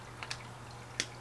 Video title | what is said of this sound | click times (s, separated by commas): Swatching my New Arrtx markers - ALP 32 Grayscale set. | you can hear them snap into place so when you put your lids back on make sure you hear the snap so | 1.0 s